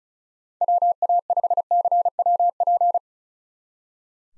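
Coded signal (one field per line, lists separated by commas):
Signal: Morse code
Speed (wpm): 43 wpm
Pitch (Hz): 700 Hz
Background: none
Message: WA5CWP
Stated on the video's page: USA call sign drill in speed-racing format, starting at 35 wpm and slowing to a base speed, with a final repeat at maximum speed.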